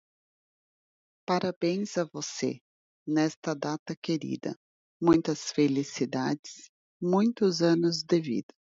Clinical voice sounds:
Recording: short text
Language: Brazilian Portuguese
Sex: female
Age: 30 to 39 years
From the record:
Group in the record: control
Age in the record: 39 years

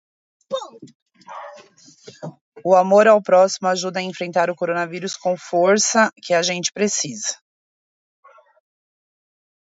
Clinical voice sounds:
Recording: spoken sentence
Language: Brazilian Portuguese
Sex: female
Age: 30 to 39 years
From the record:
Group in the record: control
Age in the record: 35 years

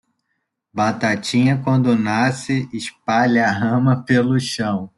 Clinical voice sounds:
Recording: short text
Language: Brazilian Portuguese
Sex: male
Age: 30 to 39 years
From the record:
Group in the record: control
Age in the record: 30 years

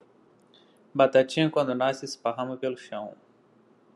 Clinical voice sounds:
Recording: short text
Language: Brazilian Portuguese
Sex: male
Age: 30 to 39 years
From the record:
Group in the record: control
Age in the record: 38 years

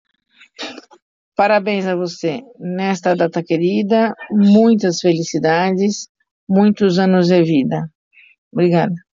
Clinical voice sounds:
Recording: short text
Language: Brazilian Portuguese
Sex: female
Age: 60 to 69 years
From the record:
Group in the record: control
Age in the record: 60 years

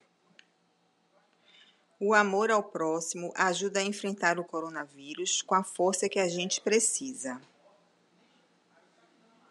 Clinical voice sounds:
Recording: spoken sentence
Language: Brazilian Portuguese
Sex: female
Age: 50 to 59 years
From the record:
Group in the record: control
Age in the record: 55 years

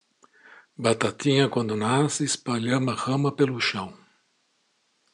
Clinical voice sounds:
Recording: short text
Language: Brazilian Portuguese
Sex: male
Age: 60 to 69 years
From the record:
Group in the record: control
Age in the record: 62 years

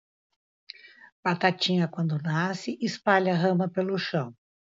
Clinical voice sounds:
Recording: short text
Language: Brazilian Portuguese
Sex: female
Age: 50 to 59 years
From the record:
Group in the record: control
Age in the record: 59 years

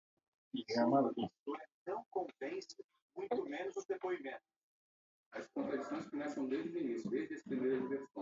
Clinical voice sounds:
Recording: short text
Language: Brazilian Portuguese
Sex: female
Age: 70 to 79 years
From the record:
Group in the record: control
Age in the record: 74 years

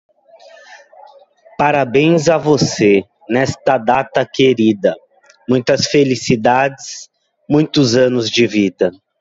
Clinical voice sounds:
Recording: short text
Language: Brazilian Portuguese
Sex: male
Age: 30 to 39 years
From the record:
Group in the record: control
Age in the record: 34 years

